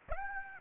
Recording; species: mosquito wingbeat signal from an infrared sensor; Aedes aegypti